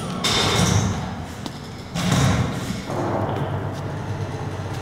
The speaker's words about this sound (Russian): Сергей входит в квартиру, закрывает распахнутую входную дверь.